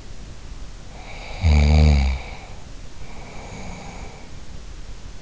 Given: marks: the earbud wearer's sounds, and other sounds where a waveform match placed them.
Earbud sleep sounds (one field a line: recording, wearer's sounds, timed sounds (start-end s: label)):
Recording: sounds in sleep by an in-ear microphone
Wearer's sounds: snoring breath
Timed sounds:
0.59-5.16 s: snoring breath